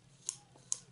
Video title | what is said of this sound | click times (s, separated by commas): CRKT 5040 Raikiri | that click comes | 0.7 s